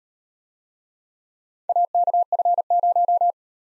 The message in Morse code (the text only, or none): AKF0